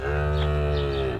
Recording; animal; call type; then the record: contact call of a hoofed animal; cattle; low-frequency (closed-mouth) or high-frequency (open-mouth) call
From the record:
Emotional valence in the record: negative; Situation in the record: full separation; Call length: 1.19 s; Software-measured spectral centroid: 1660 Hz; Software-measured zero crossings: 1050 a second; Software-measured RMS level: -24 dBFS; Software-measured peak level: -14 dBFS